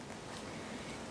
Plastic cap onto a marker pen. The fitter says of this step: didn't hear the click so I'm just gonna trying to make sure it's on I didn't hear the click